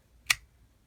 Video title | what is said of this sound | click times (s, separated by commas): SOG Gambit: SOG Misses The Mark Again | You hear that positive click and you think this knife is in there, and I've had this knife fall out twice. | 0.3 s